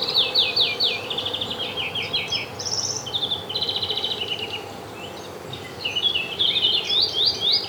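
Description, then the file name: European greenfinch twittering in fast, rolling trills and buzzy chirped phrases, pausing briefly near five seconds before resuming, over a steady low background hum. "Chloris chloris"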